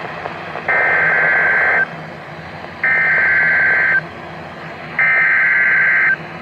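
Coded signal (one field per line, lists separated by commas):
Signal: Emergency Alert System (SAME) tones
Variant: header bursts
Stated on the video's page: Real EAS alerts received by DXing distant stations.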